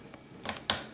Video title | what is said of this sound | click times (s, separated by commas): How to Replace Laptop Keyboard Keys | until you hear a snap and once you hear that snap then everything's good | 0.5 s, 0.7 s